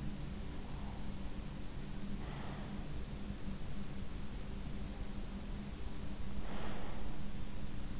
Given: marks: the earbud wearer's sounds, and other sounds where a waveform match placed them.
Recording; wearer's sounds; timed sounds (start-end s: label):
sounds in sleep by an in-ear microphone; breath
2.04-3.07 s: breath
6.01-7.16 s: breath